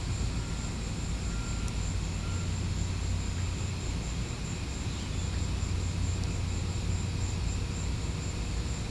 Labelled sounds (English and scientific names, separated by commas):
none